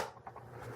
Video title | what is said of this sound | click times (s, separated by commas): How to Fix a Broken Remote Control | slides back on just fine in fact I watch it not do it now because I'm talking to you it actually snaps in place | 0.3 s